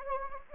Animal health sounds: mosquito wingbeat signal from an infrared sensor; Anopheles gambiae

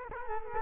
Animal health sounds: mosquito wingbeat signal from an infrared sensor; Culex quinquefasciatus

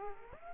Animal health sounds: mosquito wingbeat signal from an infrared sensor; Aedes aegypti

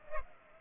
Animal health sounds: mosquito wingbeat signal from an infrared sensor; Culex pipiens

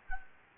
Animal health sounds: mosquito wingbeat signal from an infrared sensor; Anopheles gambiae

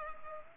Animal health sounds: mosquito wingbeat signal from an infrared sensor; Culex pipiens

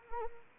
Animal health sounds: mosquito wingbeat signal from an infrared sensor; Anopheles arabiensis

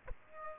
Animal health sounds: mosquito wingbeat signal from an infrared sensor; Aedes aegypti

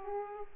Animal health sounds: mosquito wingbeat signal from an infrared sensor; Aedes aegypti

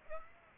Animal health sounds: mosquito wingbeat signal from an infrared sensor; Aedes aegypti

